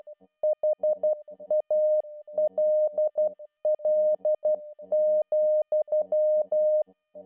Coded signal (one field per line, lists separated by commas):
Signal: Morse code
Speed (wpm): 12 wpm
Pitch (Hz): 610 Hz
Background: music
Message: HALL,